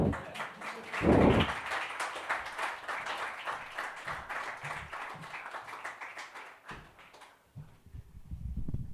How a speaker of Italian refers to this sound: Chiedo solo un grande applauso per Marina Abramovic.